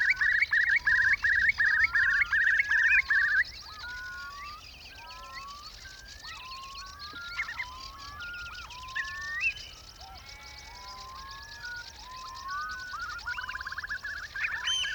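Curlew calls: a fast run of repeated notes at first, then many rising whistled calls overlapping, with bubbling trills behind and a hissy background.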